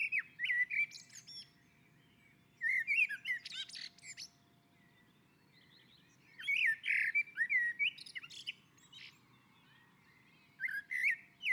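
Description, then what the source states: Common blackbird song: four separate fluted phrases with high twittering, separated by pauses. On a roof.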